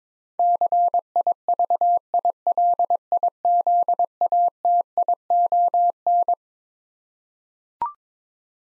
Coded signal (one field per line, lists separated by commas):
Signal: Morse code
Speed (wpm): 21 wpm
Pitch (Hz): 700 Hz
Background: none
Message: CIVILIZATION